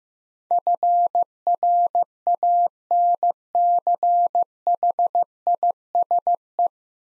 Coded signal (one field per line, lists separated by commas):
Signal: Morse code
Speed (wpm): 15 wpm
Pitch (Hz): 700 Hz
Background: none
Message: FRANCHISE